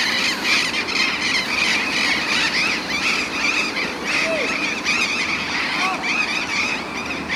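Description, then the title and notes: Burrowing parrots calling as a flock, a dense wash of harsh overlapping screeches. Several burrowing parrots at a street corner in a university neighbourhood, recorded in January 2015 at 20:32 in the evening. "Loros barranqueros (Cyanoliseus patagonus). Av. Alem esq. Uruguay. B° Universitario. /1/2015-20:32hs Por Daniela Del Gobbo"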